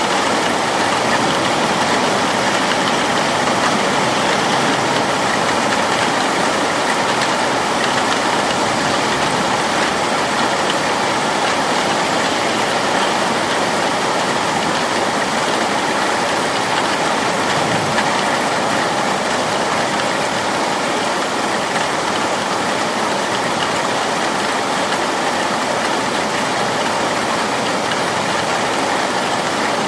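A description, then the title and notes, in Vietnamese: Rain falls steadily and densely for the full half minute, a constant hiss spread from low rumble up to bright patter with no pauses or swells. A faint low hum runs underneath, like an engine, and the level never changes. Âm thanh tiếng mưa rơi.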